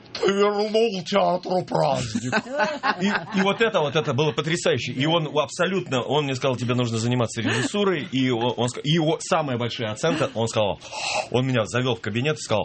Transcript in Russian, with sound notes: ты вернул театру праздник». (все смеются) И вот это вот было потрясающе. И он абсолютно, он мне сказал «Тебе нужно заниматься режиссурой», и его самая большая оценка – он меня завел в кабинет и сказал: